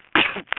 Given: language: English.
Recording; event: throat vibration sensor signal played as sound; cough